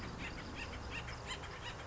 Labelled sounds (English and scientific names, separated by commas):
Acorn Woodpecker (Melanerpes formicivorus)